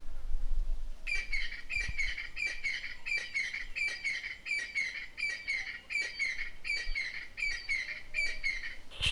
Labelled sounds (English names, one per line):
Crested Francolin